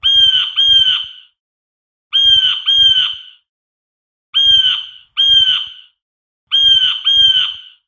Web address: bluejay call